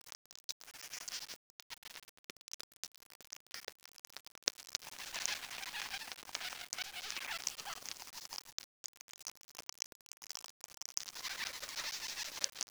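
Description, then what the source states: Ants feeding, heard as dense, dry, high crackling and ticking that comes in bursts separated by brief silent gaps. Ants eating in an ant farm.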